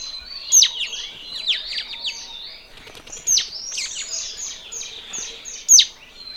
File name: Mountain Bulbul